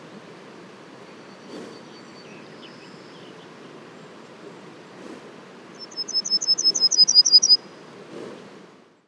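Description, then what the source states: Yellowhammer song, a quick run of about a dozen high, thin repeated notes lasting under two seconds, over low background noise. Yellowhammers recorded at Les Alisiers on 21 July 2020.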